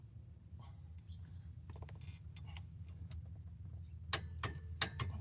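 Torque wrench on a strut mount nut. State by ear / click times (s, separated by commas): torque reached / 4.8 s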